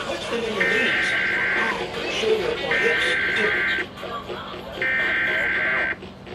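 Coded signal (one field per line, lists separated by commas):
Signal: Emergency Alert System (SAME) tones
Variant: header bursts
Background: speech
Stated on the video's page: EAS tones for a severe thunderstorm warning heard across eleven stations.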